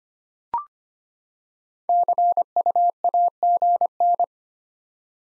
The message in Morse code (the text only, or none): CUAGN